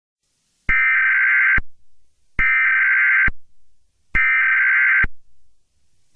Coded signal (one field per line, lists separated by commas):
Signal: Emergency Alert System (SAME) tones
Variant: header bursts